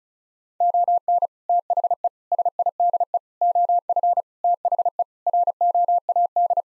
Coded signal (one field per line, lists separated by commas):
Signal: Morse code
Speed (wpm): 34 wpm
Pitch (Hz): 700 Hz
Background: none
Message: ON THE SIDE OF THE ROAD